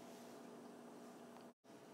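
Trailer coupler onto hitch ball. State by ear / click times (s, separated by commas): not seated / none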